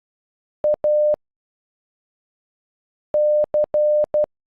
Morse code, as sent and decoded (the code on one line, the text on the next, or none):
.- / -.-.
A C